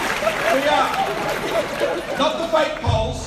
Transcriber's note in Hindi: Laughter